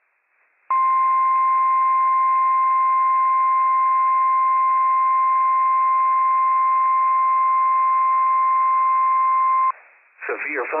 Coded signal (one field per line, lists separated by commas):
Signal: Emergency Alert System (SAME) tones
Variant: 1050 Hz attention tone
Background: speech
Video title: Severe Thunderstorm Warning - WWF56 - EAS #310 - 8:10 PM PDT 5/3/23